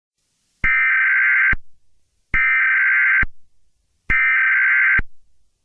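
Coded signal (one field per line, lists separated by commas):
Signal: Emergency Alert System (SAME) tones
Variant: header bursts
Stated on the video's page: Fictional EAS scenario retelling a game in emergency alert broadcasts.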